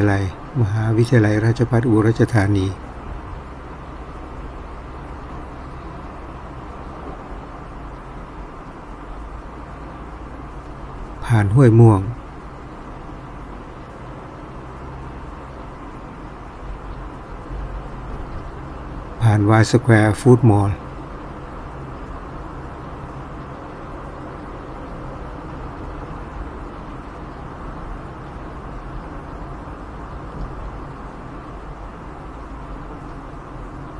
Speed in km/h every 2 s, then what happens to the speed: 47, 47, 47, 46, 44, 42, 43, 44, 44, 45, 46, 47, 47, 47, 46, 44, 42.
0-27 steady at about 46.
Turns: none.